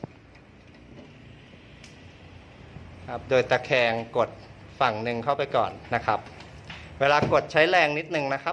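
A pleated screen rail is tilted and one side is pressed into the frame clip with some force. A loud hit sounds at 0.0 s, followed by a quiet stretch, and then someone talks from about 3 s to the end. Nothing has seated or clicked yet.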